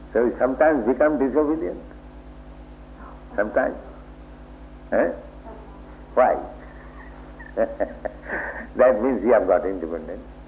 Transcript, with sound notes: So he sometimes becomes disobedient? Sometimes? Eh? Why? [laughs] That means you have got independence.